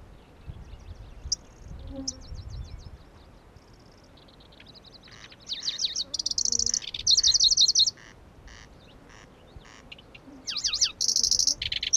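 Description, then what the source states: Pallas's grasshopper warbler song: high ticking notes and short chattering bursts, swelling into loud rattling trilled phrases, repeated with pauses between. Recorded at Kuda on 25 June 2012.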